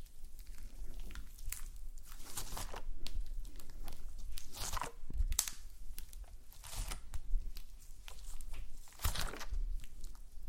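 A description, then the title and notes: Slime being squished and pressed, making a steady run of wet, crackly crunches and soft pops. Bright clicky bursts come every second or so, with louder squelches near 2, 5 and 9 seconds, over a low, soft rumble throughout. ASMR SLIME No Talking Satisfying slime Sounds.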